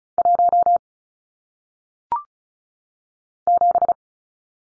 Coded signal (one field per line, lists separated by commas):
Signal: Morse code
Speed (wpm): 36 wpm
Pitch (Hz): 700 Hz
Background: none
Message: 1 7